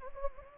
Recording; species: mosquito wingbeat signal from an infrared sensor; Anopheles gambiae